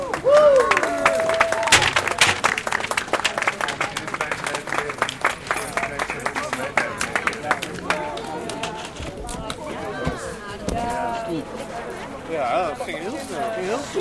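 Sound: audience applause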